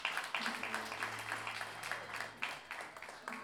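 An audience at a guitar festival in Puebla applauds with a steady patter of overlapping claps, fairly soft and sustained for a few seconds, with a low hum underneath and no clear talking.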